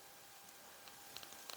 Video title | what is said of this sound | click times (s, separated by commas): B'Omarr Monk Star Wars 1997 Hasbro Mail Away Action Figure | hopefully they're not uh oh yeah see they just snap right in | 1.2 s, 1.5 s